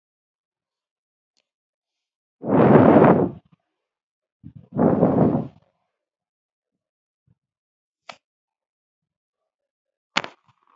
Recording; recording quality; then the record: shallow breathing; poor, much background noise or distortion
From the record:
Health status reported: healthy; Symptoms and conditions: none ticked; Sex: female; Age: 24 years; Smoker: not ticked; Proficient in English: yes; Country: India